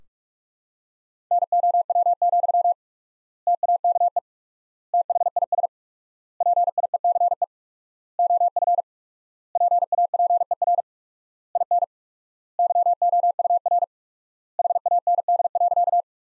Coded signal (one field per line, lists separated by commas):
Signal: Morse code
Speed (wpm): 46 wpm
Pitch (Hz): 700 Hz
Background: none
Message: NOW, TAKE THIS PIECE OF PAPER IN YOUR HAND.